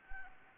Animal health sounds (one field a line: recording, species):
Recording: mosquito wingbeat signal from an infrared sensor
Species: Anopheles arabiensis